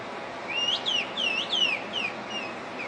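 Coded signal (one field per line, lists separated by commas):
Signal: whistled language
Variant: Kurdish whistled speech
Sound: a clear whistle gliding up and down in about six quick phrases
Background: background hiss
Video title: Kuş dili konuşan Hakkari'li Kürtler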